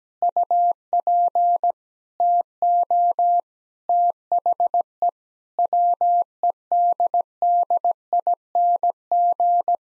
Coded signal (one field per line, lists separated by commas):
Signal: Morse code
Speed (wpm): 17 wpm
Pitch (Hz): 700 Hz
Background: none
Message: UP TO THE WEDDING